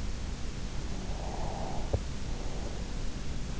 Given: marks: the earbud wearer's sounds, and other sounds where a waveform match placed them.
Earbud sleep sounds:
sounds in sleep by an in-ear microphone; breath
0.47-3.38 s: breath

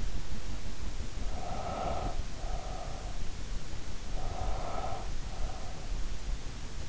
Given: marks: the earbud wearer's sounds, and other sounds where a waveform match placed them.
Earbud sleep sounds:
sounds in sleep by an in-ear microphone; breath
1.15-3.17 s: breath
3.84-5.54 s: breath

